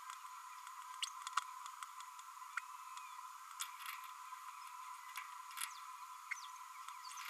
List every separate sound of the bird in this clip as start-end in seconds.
6.31-6.34